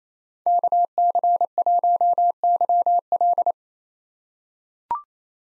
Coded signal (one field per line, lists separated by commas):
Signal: Morse code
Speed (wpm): 28 wpm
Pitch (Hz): 700 Hz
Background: none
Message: KC1YL